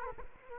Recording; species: mosquito wingbeat signal from an infrared sensor; Culex quinquefasciatus